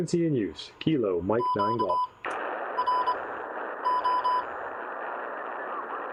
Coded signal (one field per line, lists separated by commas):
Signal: Morse code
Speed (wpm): 25 wpm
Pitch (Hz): 1000 Hz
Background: speech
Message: QRO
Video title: Let's Play Radio - ICOM IC-706MKII, Signalink and DX Commander